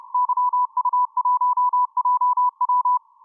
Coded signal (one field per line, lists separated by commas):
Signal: Morse code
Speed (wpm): 29 wpm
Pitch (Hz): 990 Hz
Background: none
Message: YU1JW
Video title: Decoding some Morse code on 10 metre band (15-02-2023)